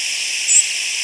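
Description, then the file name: Fox sparrow giving a single very high, thin note lasting about a tenth of a second, set against steady hiss. Recorded in Illinois. "fosp"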